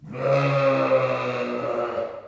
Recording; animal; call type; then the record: contact call of a hoofed animal; sheep; low-frequency (closed-mouth) or high-frequency (open-mouth) call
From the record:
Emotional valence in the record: negative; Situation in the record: short social isolation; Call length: 2.3 s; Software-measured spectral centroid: 1570 Hz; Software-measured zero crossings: 1490 a second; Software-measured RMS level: -23 dBFS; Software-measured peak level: -9 dBFS